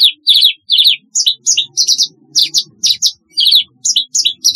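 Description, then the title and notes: Javan bush lark song, rapid bright chirping notes in quick bursts, about two or three per second, high-pitched, with a faint low hum underneath. "Kicau Burung Branjangan"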